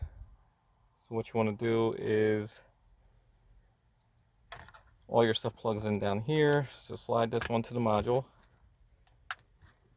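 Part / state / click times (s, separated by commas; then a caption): antenna connector into remote start module / seated / 9.3 s. Someone talks while the antenna lead connector for a 2017–2019 Elantra key-start remote start system is slid onto the remote start module. A sharp click at 9.3 s marks the connector seating and locking into the module.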